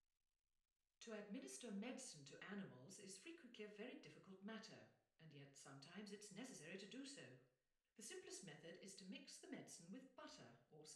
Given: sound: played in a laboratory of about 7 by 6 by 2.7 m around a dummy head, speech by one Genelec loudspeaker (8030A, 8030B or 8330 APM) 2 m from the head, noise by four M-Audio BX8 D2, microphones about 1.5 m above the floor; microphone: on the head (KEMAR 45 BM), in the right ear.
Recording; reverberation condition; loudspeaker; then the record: female speech in English; medium; in front (0 degrees)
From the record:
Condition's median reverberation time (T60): about 510 ms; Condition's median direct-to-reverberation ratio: about -0.5 dB